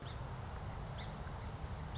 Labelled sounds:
Song Sparrow (Melospiza melodia)
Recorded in Sonoma County, California

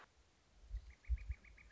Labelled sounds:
Northern Flicker (Colaptes auratus)
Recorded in Sonoma County, California

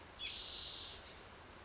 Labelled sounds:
Spotted Towhee (Pipilo maculatus)
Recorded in Sonoma County, California

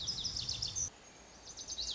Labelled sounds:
Lazuli Bunting (Passerina amoena)
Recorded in Sonoma County, California

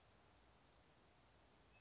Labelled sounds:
Western Flycatcher (Empidonax difficilis)
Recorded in Sonoma County, California

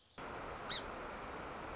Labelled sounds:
Song Sparrow (Melospiza melodia)
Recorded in Sonoma County, California

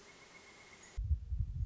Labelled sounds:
Pileated Woodpecker (Dryocopus pileatus)
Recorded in Sonoma County, California

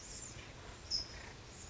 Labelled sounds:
California Towhee (Melozone crissalis)
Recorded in Sonoma County, California

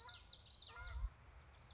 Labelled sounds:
Common Yellowthroat (Geothlypis trichas)
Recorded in Sonoma County, California

